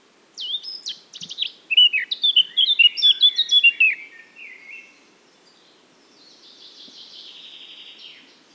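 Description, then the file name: Eurasian blackcap giving a loud, rapid warbled phrase of fluty whistles lasting a few seconds, followed by a quiet, scratchy chatter. "Sylvia atricapilla"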